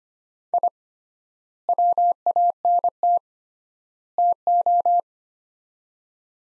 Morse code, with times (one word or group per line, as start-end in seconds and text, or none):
0.5-0.7 I
1.7-3.2 WANT
4.2-5.0 TO